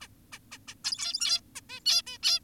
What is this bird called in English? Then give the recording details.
Zebra Finch. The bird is an adult. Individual g17y2U